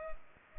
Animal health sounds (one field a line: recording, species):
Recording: mosquito wingbeat signal from an infrared sensor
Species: Culex pipiens